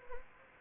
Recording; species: mosquito wingbeat signal from an infrared sensor; Anopheles gambiae